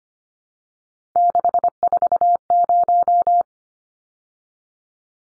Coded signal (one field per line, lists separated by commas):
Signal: Morse code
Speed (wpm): 25 wpm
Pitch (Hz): 700 Hz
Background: none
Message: 640